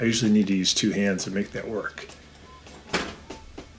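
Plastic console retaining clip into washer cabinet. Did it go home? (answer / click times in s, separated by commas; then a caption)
yes / 2.9 s. Someone talks, then pushes a plastic washer console retaining clip down with two hands, its back part already hooked into the back plate, until it clicks into the metal cabinet of a Whirlpool direct-drive washer. A sharp click at 2.9 s marks the clip seating, followed by two fainter clicks at 3.3 s and 3.6 s.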